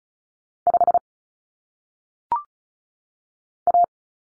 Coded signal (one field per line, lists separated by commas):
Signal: Morse code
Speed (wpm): 36 wpm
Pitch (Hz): 700 Hz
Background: none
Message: 5 A